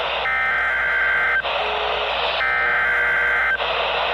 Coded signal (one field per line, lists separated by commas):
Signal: Emergency Alert System (SAME) tones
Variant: header bursts